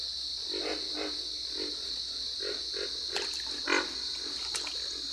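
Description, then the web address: Pig frog giving scattered deep grunts, one louder grunt standing out, over a steady high drone. "Solitudes Frog Song. Pig Frog"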